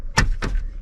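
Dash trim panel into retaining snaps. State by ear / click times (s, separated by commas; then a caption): seated / 0.2 s, 0.4 s. A plastic dash trim panel is pushed back into its retaining snap clips, with two sharp snaps at 0.2 s and 0.4 s over a low background rumble. The panel seats into the snaps.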